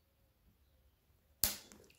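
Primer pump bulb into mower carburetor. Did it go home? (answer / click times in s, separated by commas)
yes / 1.4 s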